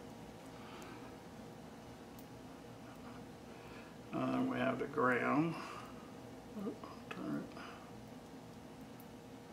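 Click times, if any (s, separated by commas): none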